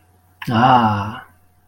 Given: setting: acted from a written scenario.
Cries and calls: vocal sound without words; contentment

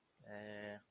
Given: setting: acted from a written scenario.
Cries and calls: vocal sound without words; embarrassment

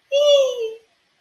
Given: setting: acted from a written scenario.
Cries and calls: vocal sound without words; elation

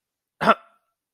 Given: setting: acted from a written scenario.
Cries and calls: vocal sound without words; anger

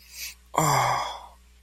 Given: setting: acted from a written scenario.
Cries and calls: vocal sound without words; sympathy

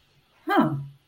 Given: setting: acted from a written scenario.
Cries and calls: vocal sound without words; interest

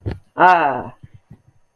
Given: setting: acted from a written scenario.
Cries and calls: vocal sound without words; triumph

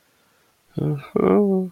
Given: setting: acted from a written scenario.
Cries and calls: vocal sound without words; sadness

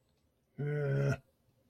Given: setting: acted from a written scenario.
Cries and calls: vocal sound without words; disappointment

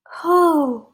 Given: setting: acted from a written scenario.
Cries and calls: vocal sound without words; relief

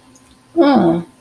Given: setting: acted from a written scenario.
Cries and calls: vocal sound without words; shame

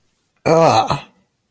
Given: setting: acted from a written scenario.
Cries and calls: vocal sound without words; disgust

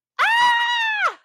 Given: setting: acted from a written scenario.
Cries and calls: vocal sound without words; positive surprise

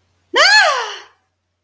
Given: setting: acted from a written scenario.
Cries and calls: vocal sound without words; positive surprise

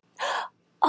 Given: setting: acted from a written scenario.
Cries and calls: vocal sound without words; realization

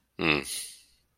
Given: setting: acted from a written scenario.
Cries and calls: vocal sound without words; guilt

